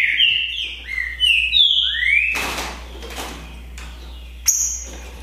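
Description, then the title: Green-winged saltator song: a rapid run of clear, slurred whistles, then several sharp knocks or bangs and one short high whistled note. Song contest between two male trinca-ferros named Naval and Demolidor, 2022 season; birds calling, singing and giving the 'macheando' male dueling song in competition. "TRINCA Piando, Cantando E Macheando Na DISPUTA. DISPUTA DE TRINCA FERRO NAVAL VS DEMOLIDOR 2022! TEMPORADA 2022!"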